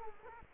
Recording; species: mosquito wingbeat signal from an infrared sensor; Culex quinquefasciatus